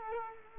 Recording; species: mosquito wingbeat signal from an infrared sensor; Culex quinquefasciatus